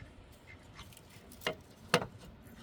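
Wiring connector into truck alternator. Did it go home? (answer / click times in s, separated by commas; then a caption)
yes / 1.9 s. A wiring connector, likely a plastic plug, is pushed home into a replacement alternator being fitted on a 7.3 Powerstroke diesel pickup. A softer tap comes at 1.5 s, then a sharp, loud click at 1.9 s over a low background hum. The connector has seated, confirmed by the click.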